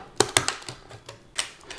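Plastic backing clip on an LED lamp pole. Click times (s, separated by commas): 0.2 s, 0.4 s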